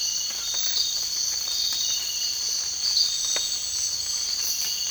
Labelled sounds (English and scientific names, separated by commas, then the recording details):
none
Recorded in dense forest near Puerto Asís, Putumayo, Colombia, on 8 March 2025 at 05:30
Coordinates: 0.484, -76.317
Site G064